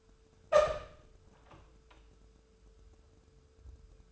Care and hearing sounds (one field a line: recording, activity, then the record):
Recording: daily activity, microphone in the room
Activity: open door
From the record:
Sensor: 2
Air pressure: 1015.0 hPa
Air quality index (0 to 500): 125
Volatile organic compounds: 4 ppm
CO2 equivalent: 1604 ppm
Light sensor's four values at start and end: 13/36/14/16 and 13/36/14/16